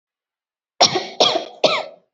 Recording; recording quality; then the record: heavy voluntary cough; excellent, no background noise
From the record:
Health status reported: COVID-19 positive, moderate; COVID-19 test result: positive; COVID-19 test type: RT-PCR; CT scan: not taken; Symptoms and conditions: cough, sore throat, fever, muscle pain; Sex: female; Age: 30 years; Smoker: no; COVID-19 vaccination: both doses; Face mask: worn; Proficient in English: yes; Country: India